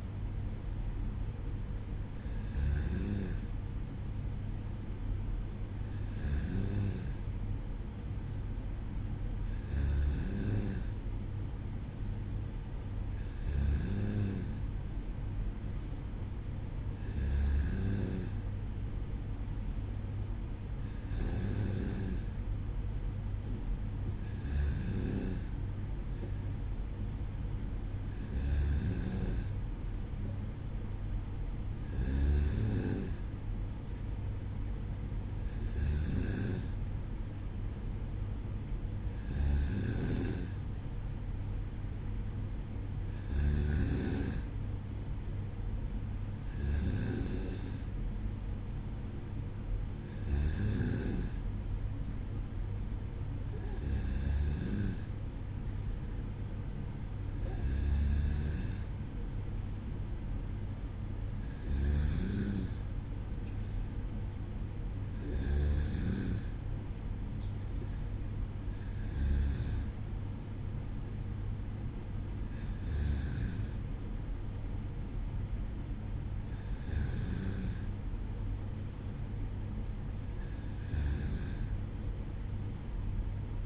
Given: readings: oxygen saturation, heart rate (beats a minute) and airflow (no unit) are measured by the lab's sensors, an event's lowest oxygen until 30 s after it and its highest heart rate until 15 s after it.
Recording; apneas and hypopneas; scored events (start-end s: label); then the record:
breathing in sleep by a smartphone at the bedside; none
none scored
From the record:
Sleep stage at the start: N2 (light sleep); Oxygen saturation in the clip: 94%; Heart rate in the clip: 55 to 57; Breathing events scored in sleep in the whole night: 305 in 9.6 hours asleep